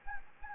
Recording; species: mosquito wingbeat signal from an infrared sensor; Anopheles gambiae